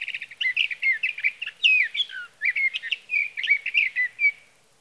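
Sage Thrasher song, a quick buzzy trill leading into a rapid, continuous warble of varied slurred phrases lasting over four seconds.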